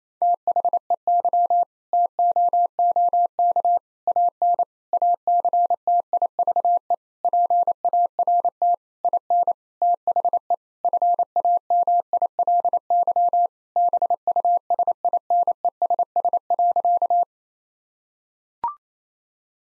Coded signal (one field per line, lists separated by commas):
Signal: Morse code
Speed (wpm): 27 wpm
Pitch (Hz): 700 Hz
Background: none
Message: THEY TOOK AN ACTIVE PART IN THE FAMILY BUSINESS.